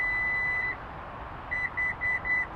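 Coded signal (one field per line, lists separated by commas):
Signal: beep code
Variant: Lexus power back door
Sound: a long 2 kHz beep, a pause, then three short beeps, the last cut off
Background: background hiss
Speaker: we're listening for those four beeps four beeps means that the new height opening has been memorized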